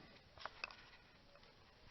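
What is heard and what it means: A steel snap ring is opened and pushed into the groove that retains the noisy A/C compressor clutch bearing being replaced in a Sanden compressor on a 1996 Honda Civic 1.6L. Short metallic ticks are heard, with the sharpest at 0.6 s. The ring goes only partway in and is not seated, leaving a gap at the back.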